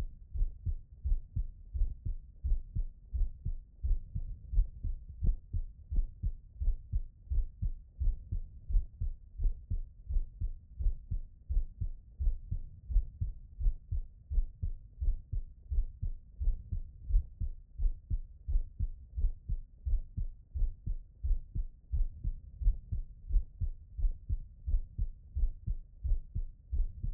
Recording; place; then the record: heart sounds by stethoscope; tricuspid valve (TV)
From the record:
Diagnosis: non-HFrEF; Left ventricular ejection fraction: 69%